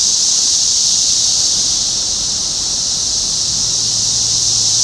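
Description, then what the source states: Cicada chorus as an even, shrill sizzle, with a low steady hum entering near the end. Recorded in Topeka, Kansas, on 14 June 2015.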